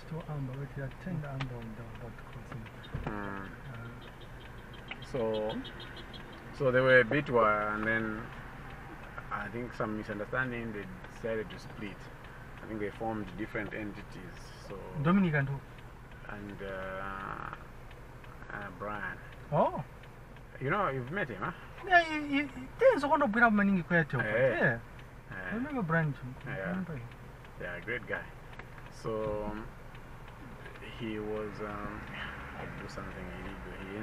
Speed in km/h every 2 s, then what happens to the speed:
0, 0, 0, 0, 0, 0, 0, 0, 0, 0, 0, 0, 0, 0, 0, 0, 0.
0-34 standing.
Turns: none.